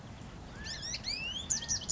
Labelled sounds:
California Quail
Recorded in Sonoma County, California

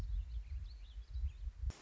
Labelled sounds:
Warbling Vireo
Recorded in Sonoma County, California

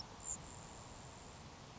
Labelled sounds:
Grasshopper Sparrow
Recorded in Sonoma County, California

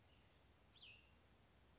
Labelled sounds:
Cassin's Vireo
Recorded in Sonoma County, California

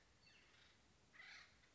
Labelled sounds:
Acorn Woodpecker
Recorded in Sonoma County, California

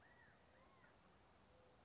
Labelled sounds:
California Quail
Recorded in Sonoma County, California

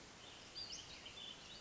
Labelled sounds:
Western Flycatcher
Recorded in Sonoma County, California

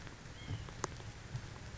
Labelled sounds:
White-breasted Nuthatch
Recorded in Sonoma County, California

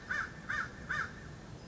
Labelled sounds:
American Crow
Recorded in Sonoma County, California

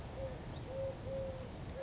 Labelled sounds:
Eurasian Collared Dove
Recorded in Sonoma County, California

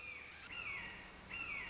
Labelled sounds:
Red-shouldered Hawk
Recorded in Sonoma County, California

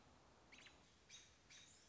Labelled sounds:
American Robin
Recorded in Sonoma County, California

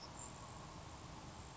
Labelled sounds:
Grasshopper Sparrow
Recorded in Sonoma County, California

